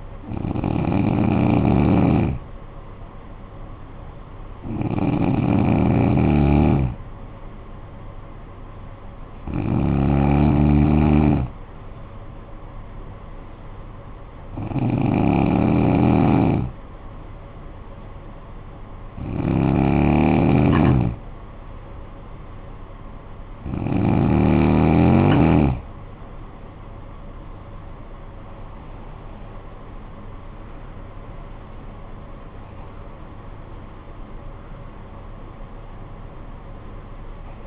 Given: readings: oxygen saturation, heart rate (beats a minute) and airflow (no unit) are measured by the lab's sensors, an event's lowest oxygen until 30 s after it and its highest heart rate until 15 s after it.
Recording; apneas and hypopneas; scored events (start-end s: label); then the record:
breathing in sleep by a smartphone at the bedside; 1
14.00-28.60 s: hypopnea (N2, oxygen 92% highest, then 91% lowest, heart rate 56 at the start, 72 highest)
18.00-37.66 s: new sleep stage, N1 (lightest sleep)
From the record:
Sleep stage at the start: N2 (light sleep); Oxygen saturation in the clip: 90 to 93%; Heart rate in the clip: 55 to 72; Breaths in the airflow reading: 8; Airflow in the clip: -11.1 to 13.2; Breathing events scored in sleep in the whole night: 445 in 7.6 hours asleep